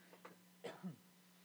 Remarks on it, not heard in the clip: This is what happens when you never fully recover from laryngitis, which at this point would have been 7 years ago. You get a chronic cough and dry throat.